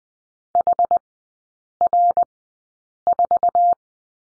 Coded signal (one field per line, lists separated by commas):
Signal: Morse code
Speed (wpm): 20 wpm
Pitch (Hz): 700 Hz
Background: none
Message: HR4